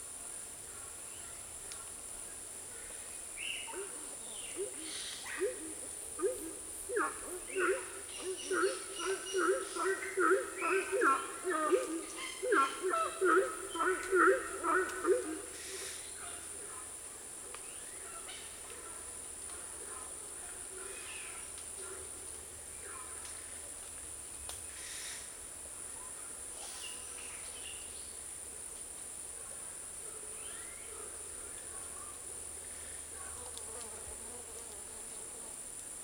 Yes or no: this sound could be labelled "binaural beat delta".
no